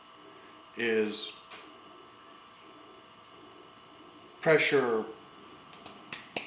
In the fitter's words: it's snapped into place